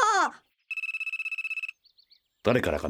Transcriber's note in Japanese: 携帯電話 鳴る